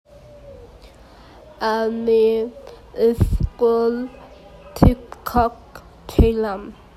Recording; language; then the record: elicited speech; Bengali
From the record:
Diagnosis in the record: Broca's or global aphasia after a stroke